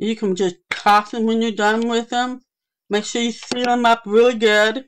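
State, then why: Not seated. A small plastic paint pot's snap-on lid is handled to be pressed closed and seal the paint, while someone talks almost throughout, with a short quiet pause around 2.4–2.9 s. Nothing has snapped or seated yet; the lid is still not clicked shut when the clip ends.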